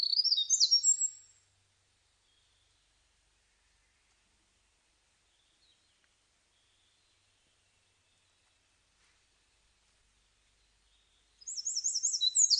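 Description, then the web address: Eurasian wren song: a rapid, high, tinkling trill opens the recording for about a second, then a long silence before another bright, fast burst of trilled notes at the end. Recorded on 23 July 2006. "2006 060723 misosazai"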